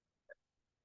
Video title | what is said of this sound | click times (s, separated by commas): October 2023 Stamp Class Beary Christmas | and let that tab pop into place. | 0.3 s